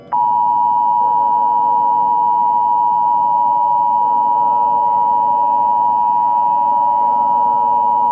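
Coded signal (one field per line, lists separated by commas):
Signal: Emergency Alert System (SAME) tones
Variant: 853 and 960 Hz attention tone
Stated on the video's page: Fictional remastered EAS scenario.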